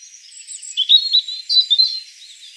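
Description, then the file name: European robin singing a thin, high, wavering warble with quick trilled notes. "Erithacus rubecula 240702"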